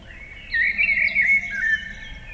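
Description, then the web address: Eurasian blackbird giving one rich, whistled warbling phrase lasting over a second, with light background noise. Recorded in summer. "Yle. Luontovuosi kesa mustarastas"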